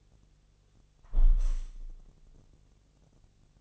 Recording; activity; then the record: daily activity, microphone in the room; close window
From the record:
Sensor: 4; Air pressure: 1001.2 hPa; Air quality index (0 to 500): 169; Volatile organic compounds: 2 ppm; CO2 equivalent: 1212 ppm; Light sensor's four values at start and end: 12/29/12/12 and 12/29/12/12